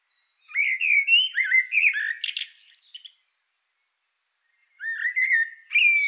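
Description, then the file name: Eurasian blackbird song: a long flowing warble with squeaky twittered ending, then after a silence a shorter fluty phrase. "Turdus merula"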